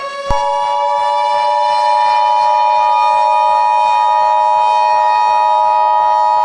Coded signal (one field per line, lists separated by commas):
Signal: Emergency Alert System (SAME) tones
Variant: 853 and 960 Hz attention tone